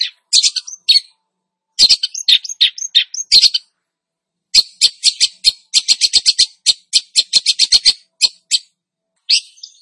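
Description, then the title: Long-tailed shrike singing quick bursts of scratchy, twittering notes, with a long dense run in the middle and brief pauses between phrases. Described as "gacor", meaning singing actively and vigorously. "Cendet Gacor"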